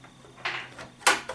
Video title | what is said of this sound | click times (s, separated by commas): uso xbox 360 repair training 11 re assembling the 360 generation 1 and 2 | make sure that you get it just right and it'll just snap in | 1.1 s